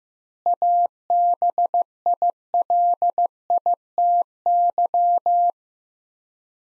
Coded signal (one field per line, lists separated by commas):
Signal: Morse code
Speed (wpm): 15 wpm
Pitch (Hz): 700 Hz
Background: none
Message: ABILITY